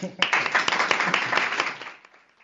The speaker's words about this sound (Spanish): Muy bien, un aplauso.